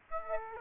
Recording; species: mosquito wingbeat signal from an infrared sensor; Aedes aegypti